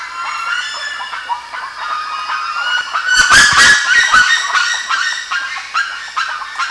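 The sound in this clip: Bird calls, rapid grating notes from a group, with a loud noisy outburst around three to four seconds before the chatter resumes.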